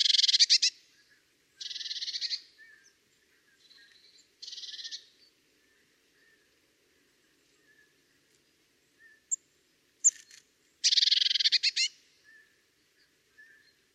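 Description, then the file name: Eurasian blue tit repeating harsh, buzzy churring rattles in several bursts, with quiet gaps, one lasting several seconds, and a few short high ticks between them. "Cyanistes caeruleus"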